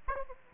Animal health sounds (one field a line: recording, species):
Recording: mosquito wingbeat signal from an infrared sensor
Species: Aedes aegypti